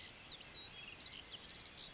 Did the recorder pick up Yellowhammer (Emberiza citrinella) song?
no